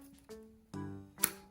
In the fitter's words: and you'll see it click into place and we repeat this process all the way around the play pen